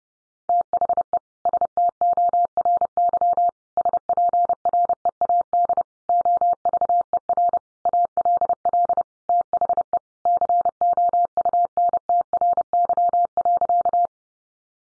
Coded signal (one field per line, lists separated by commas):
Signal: Morse code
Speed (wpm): 30 wpm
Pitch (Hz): 700 Hz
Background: none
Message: THE STORY SPREAD OVER ALL THE COUNTRY.